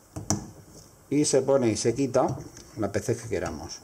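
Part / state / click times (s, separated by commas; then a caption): press-fit accessory onto capping tool / seated / 0.3 s. A press-fit accessory is pushed onto a bottle-capping tool by pressure and seats with a sharp click at 0.3 s, just after a fainter tap at 0.2 s. Someone then talks through the rest of the clip.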